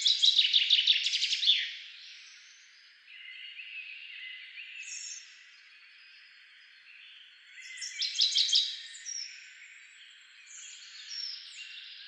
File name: Fringilla coelebs